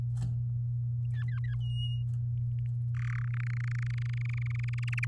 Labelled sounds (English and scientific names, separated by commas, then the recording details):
Domestic Canary (Serinus canaria) song
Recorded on 9 May 2018 at 14:16
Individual llb16